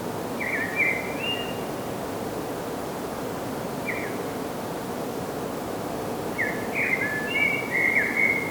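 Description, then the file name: Common blackbird giving fluty, warbled phrases near one pitch, a short burst early, a single note at four seconds, then a longer run of mellow notes, over steady hiss. "Turdus merula"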